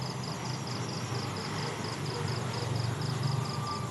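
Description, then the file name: Cricket trill in evenly spaced high pulses above a loud low drone. Night insects and crickets in Vietnam at night, with distant construction noise. "industrial construction distant digger exhaust bangs occ vehicle pass night insects crickets vietnam"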